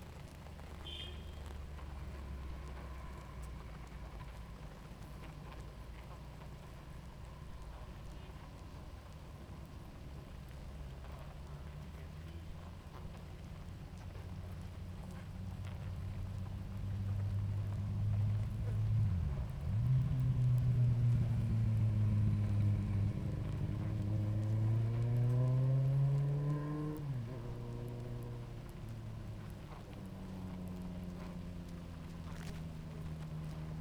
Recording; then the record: honeybee colony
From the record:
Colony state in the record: active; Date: 28 July 2017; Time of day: 18:20